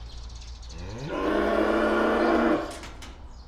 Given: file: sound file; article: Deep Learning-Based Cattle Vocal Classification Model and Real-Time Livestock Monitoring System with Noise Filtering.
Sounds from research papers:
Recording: cattle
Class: estrus call

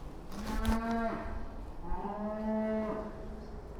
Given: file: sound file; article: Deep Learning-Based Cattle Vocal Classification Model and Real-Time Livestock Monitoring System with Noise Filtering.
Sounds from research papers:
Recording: cattle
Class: food anticipating call

